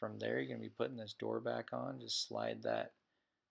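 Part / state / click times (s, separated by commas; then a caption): cabin air filter access door into the HVAC housing / not seated / none. Someone talks while the plastic cabin air filter access door behind the glove box of a 2018 Kia Optima (2017–18 Forte) is being slid back into the HVAC housing, with speech filling the clip until near-silence after about 2.9 seconds. The door has not seated or snapped into place yet.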